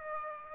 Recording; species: mosquito wingbeat signal from an infrared sensor; Aedes aegypti